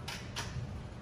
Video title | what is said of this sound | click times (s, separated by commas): Day Bed Installation on the 2021 Winnebago Revel 4x4 | that's locked into place let's | 0.1 s